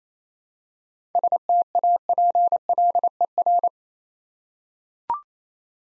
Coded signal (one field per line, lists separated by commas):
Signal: Morse code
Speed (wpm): 28 wpm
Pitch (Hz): 700 Hz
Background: none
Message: STAPLER